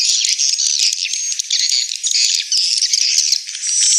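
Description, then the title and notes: Swiftlet chorus of harsh, rattling chirps and squeaky twitters overlapping densely, with a thin whistled note drifting above the chatter. Swiftlet house lure sound, Tien Giang, Vietnam. "Am thanh nha yen Akau Vietnam - Tien giang. Những âm thanh chim yến thuộc thương hiệu AKAU"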